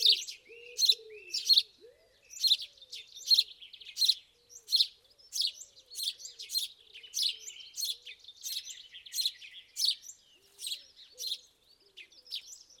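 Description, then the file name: House sparrow chirps, short harsh notes repeated about one or two per second, with faint low tones underneath. "Passer domesticus"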